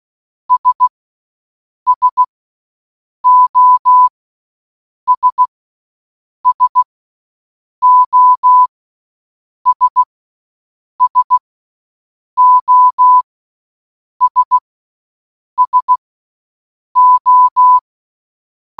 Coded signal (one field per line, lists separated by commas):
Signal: Morse code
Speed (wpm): 16 wpm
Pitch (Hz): 1000 Hz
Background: none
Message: S SOS SOS SOS SO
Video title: 🔊🔊🔊 Listening To SOS For ONE HOUR In Morse Code Challenge 🔊🔊🔊